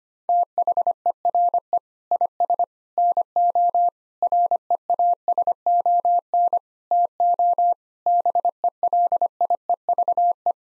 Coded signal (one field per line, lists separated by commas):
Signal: Morse code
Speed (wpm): 25 wpm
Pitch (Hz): 700 Hz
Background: none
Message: THERE IS NO REASON TO BELIEVE